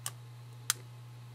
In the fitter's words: you hear that and you're in and the last thing you do is just pick up